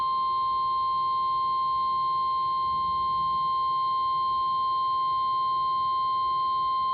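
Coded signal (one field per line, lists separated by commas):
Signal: Emergency Alert System (SAME) tones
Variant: 1050 Hz attention tone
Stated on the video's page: Flash flood warning received on NOAA Weather Radio and FM.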